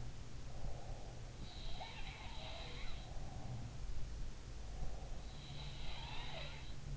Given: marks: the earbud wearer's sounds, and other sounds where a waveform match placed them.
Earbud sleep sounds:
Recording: sounds in sleep by an in-ear microphone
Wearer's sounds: breath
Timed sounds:
0.32-1.39 s: breath
1.26-3.89 s: sound from someone else or the room
4.44-5.32 s: breath
5.32-6.96 s: sound from someone else or the room

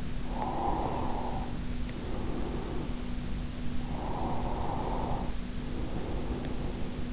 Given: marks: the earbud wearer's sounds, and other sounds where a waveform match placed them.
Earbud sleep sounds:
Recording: sounds in sleep by an in-ear microphone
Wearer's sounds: breath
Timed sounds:
0.41-2.90 s: breath
3.72-7.13 s: breath

